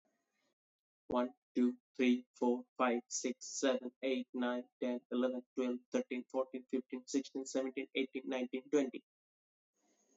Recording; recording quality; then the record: counting at a fast pace; excellent, no background noise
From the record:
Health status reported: healthy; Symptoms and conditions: diabetes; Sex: male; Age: 26 years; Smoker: not ticked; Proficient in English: yes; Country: India